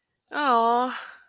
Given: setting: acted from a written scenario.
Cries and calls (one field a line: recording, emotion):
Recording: vocal sound without words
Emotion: disappointment